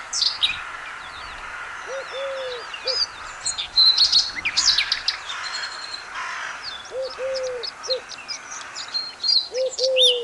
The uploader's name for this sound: Calming bird sounds